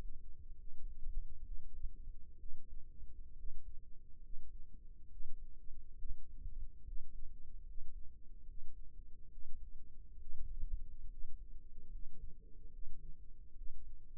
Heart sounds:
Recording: heart sounds by microphone in the right ear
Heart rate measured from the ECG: 69 bpm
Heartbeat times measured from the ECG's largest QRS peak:
0.55 s: heartbeat
1.42 s: heartbeat
2.37 s: heartbeat
3.35 s: heartbeat
4.20 s: heartbeat
5.08 s: heartbeat
5.96 s: heartbeat
6.84 s: heartbeat
7.64 s: heartbeat
8.45 s: heartbeat
9.29 s: heartbeat
10.18 s: heartbeat
11.08 s: heartbeat
11.89 s: heartbeat
12.70 s: heartbeat
13.54 s: heartbeat
From the record:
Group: healthy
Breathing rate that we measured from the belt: 15 breaths a minute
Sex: male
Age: 22 years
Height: 181 cm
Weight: 79 kg

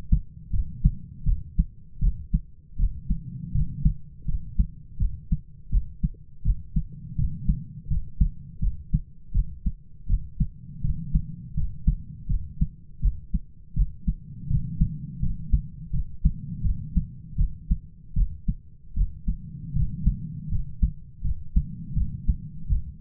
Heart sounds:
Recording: heart sounds by stethoscope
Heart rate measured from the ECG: 81 bpm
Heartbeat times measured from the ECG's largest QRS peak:
0.52 s: heartbeat
1.25 s: heartbeat
2.00 s: heartbeat
2.77 s: heartbeat
3.53 s: heartbeat
4.26 s: heartbeat
4.98 s: heartbeat
5.70 s: heartbeat
6.43 s: heartbeat
7.17 s: heartbeat
7.89 s: heartbeat
8.60 s: heartbeat
9.33 s: heartbeat
10.07 s: heartbeat
10.82 s: heartbeat
11.55 s: heartbeat
12.28 s: heartbeat
13.01 s: heartbeat
13.75 s: heartbeat
14.48 s: heartbeat
15.21 s: heartbeat
15.91 s: heartbeat
16.63 s: heartbeat
17.37 s: heartbeat
18.15 s: heartbeat
18.95 s: heartbeat
19.74 s: heartbeat
20.50 s: heartbeat
21.22 s: heartbeat
21.94 s: heartbeat
22.69 s: heartbeat
From the record:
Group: healthy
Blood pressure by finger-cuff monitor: 120/69 mmHg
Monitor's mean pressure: 86 mmHg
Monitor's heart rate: 82 bpm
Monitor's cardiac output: 8.1 L/min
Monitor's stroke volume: 99 mL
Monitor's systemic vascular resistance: 770 dyn s/cm5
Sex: male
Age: 33 years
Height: 179 cm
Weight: 80.4 kg

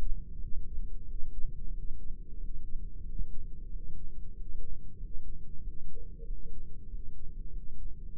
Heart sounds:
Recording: heart sounds by microphone in the right ear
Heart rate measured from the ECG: 93 bpm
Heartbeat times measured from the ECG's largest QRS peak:
0.38 s: heartbeat
1.05 s: heartbeat
1.71 s: heartbeat
2.37 s: heartbeat
3.03 s: heartbeat
3.68 s: heartbeat
4.33 s: heartbeat
4.96 s: heartbeat
5.60 s: heartbeat
6.24 s: heartbeat
6.87 s: heartbeat
7.49 s: heartbeat
8.12 s: heartbeat
From the record:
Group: heart failure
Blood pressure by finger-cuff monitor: 84/64 mmHg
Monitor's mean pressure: 74 mmHg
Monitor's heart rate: 91 bpm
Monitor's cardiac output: 6.6 L/min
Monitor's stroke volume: 73 mL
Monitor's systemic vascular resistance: 780 dyn s/cm5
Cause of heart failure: ischemic heart disease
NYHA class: 1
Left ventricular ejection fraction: 38%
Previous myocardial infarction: absent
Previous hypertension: absent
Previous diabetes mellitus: present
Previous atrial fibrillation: absent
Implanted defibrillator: absent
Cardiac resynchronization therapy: absent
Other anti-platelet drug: absent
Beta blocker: bisoprolol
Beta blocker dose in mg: 15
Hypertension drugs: sacubitril-valsartan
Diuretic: furosemide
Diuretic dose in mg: 20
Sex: male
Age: 33 years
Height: 172 cm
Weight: 78.5 kg

